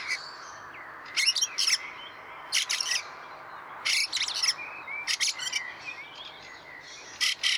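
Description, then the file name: Fieldfare giving grating, dry chuckling bursts in short clusters separated by brief pauses. Recorded 26 April 2014 on the Wank near Garmisch, Germany. "Wacholderdrossel 26 04 2014 Wank GAR Michle Pron"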